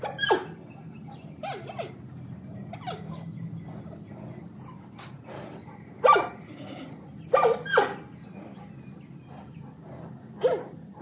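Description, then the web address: Panda calls: short, sharp squeaks at irregular intervals, with a few in quick pairs, over a low steady hum. Panda sitting in a zoo. "suoni di un panda suono emesso da un panda seduto allo zoo"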